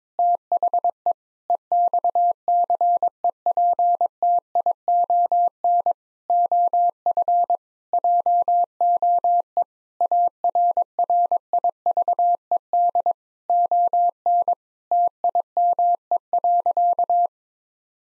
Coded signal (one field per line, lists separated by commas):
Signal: Morse code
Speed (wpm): 22 wpm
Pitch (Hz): 700 Hz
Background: none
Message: THE EXCEPTION OF JOE ARRIVED ON TIME.